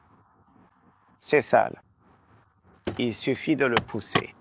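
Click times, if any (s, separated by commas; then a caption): none. During a cabin air filter replacement on a Tesla Model S, the plastic filter cover is handled and pushed toward the car's filter housing where its clips engage. Someone talks over a faint low background hum. Nothing has seated or clicked yet.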